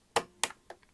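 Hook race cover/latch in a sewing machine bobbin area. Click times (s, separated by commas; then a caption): 0.2 s, 0.4 s. After oiling, the metal hook race cover in a sewing machine's bobbin area is pushed back down over the housing. Two sharp clicks land at 0.2 s and 0.4 s, followed by fainter ticks at 0.7 s and 0.8 s. The cover is seated in place.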